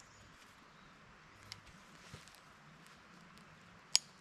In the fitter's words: okay I heard it click Magazine's in place